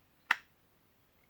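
A hunting knife is pushed into a kydex sheath and seats with one short, sharp click at 0.3 seconds that fades quickly. The click is faint but felt, and the rest of the clip is near-silent.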